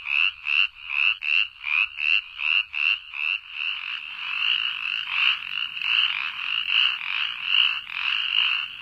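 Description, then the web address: Spotted chorus frog calling with short raspy trilled notes repeated rapidly, later blending with other callers into a dense chorus. North America. "Songs of Frogs Toads of North America. Spotted Chorus Frog"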